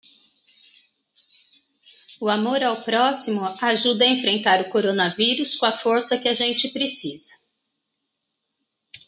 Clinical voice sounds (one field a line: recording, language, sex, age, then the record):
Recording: spoken sentence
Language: Brazilian Portuguese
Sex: female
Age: 40 to 49 years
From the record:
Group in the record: control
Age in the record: 47 years